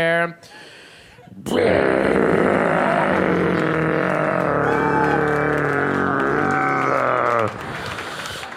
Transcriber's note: soundbite of growling